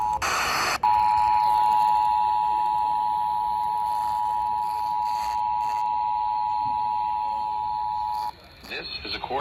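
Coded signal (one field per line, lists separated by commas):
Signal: Emergency Alert System (SAME) tones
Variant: 853 and 960 Hz attention tone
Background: speech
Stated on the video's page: Compilation of EAS monthly and weekly tests and NOAA Weather Radio required weekly tests.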